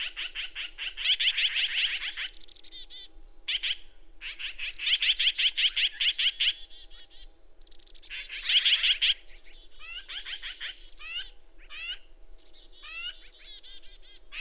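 Bird song: long runs of rapid, buzzy repeated notes in several bursts, mixed with quick slurred chirps and sweeping whistles.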